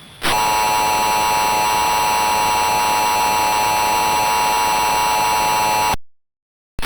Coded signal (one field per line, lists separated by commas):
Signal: Emergency Alert System (SAME) tones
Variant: 853 and 960 Hz attention tone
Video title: EAS SCENARIO 1: THE PURPLE PEOPLE